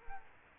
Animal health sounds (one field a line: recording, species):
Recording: mosquito wingbeat signal from an infrared sensor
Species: Culex quinquefasciatus